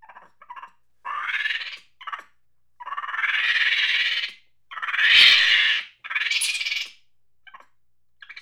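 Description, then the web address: Monkey chattering angrily in harsh, raspy bursts of varying length, with a loud screechy outburst near the middle and short clipped squeaks between, on a silent background. Angry chatter. "Sony Creative Software Sony Pictures Sound Effects Series Volumes 1-10 Volume 1 Animals Monkey Angry Chatter"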